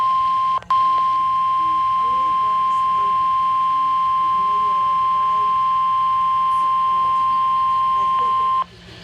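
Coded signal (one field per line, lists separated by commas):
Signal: Emergency Alert System (SAME) tones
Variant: 1050 Hz attention tone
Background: speech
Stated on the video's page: Severe thunderstorm warning for several Tennessee counties, received on a weather radio.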